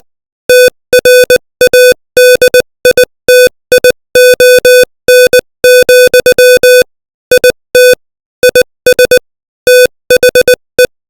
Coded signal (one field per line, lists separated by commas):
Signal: Morse code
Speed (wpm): 20 wpm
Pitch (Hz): 500 Hz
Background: music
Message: TRADITION, IT IS THE